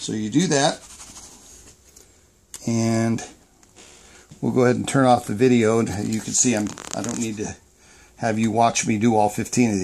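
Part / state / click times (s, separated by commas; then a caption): badge blank into sublimation jig / seated / 2.5 s. A sublimation badge blank is set into its jig slightly left of the edge and slid over until it pops into its pocket, with a sharp click at 2.5 s. The blank is seated, and someone talks before and after.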